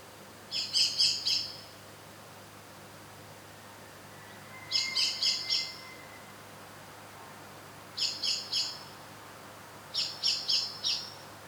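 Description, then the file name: Common blackbird calls in four even bursts of about four fast, high, clipped notes. "Turdus merula"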